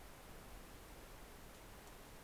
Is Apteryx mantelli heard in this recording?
no